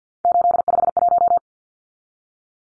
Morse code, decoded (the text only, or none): 851